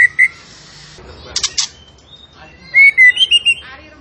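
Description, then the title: Bird giving scattered chirps, a brief buzzy burst, then a clear run of rising whistled notes over faint background hiss. Masteran (training recording for cage birds) of a bird singing gacor (actively, energetically) with tembakan-style song. "Masteran Burung Tembakan Gacor"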